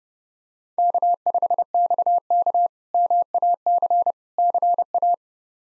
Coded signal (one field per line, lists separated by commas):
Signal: Morse code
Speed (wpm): 30 wpm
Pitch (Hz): 700 Hz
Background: none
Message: K5XK MAC CA